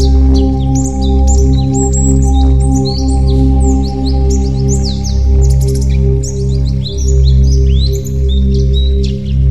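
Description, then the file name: White-eye song: high, thin, jumbled chirps and slurred notes tumbling over one another, with a steady low hum underneath throughout. White-eye 'terapi' (therapy) song. "terapi pleci"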